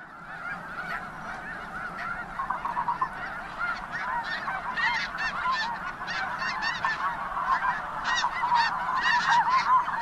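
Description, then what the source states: Snow goose: snow geese honking in a dense, overlapping chorus, many birds calling at once with nasal repeated honks that grow louder toward the end. Tundra habitat.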